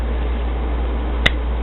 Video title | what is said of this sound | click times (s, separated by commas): Knife review Smith & Wesson fixed blade tanto with sheath and whistle # SW990 emergency / survival | it locks in place and i've used it quite a bit and there's no | 1.3 s